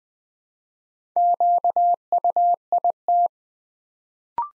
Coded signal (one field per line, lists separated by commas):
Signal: Morse code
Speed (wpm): 20 wpm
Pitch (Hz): 700 Hz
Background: none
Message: QUIT